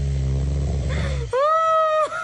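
An adult woman snoring while asleep at night, in a long-lasting bout that kept her husband awake from 3 o'clock. A white-noise machine set to a rain sound runs in the background.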